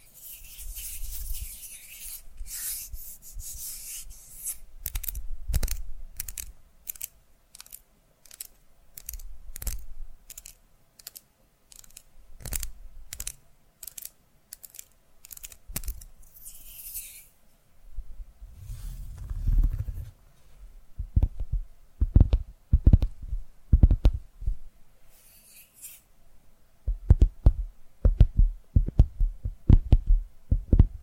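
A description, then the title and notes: ASMR tapping in quick, fairly regular bursts, with crisp bright taps and rubbing through the first half. After about 17 seconds the sound turns softer and lower, with a deep muffled swish near 19 seconds, then thudding taps that cluster densely toward the end. ASMR Tapping Through Your Brain Invisible + 3D Triggers (No Talking).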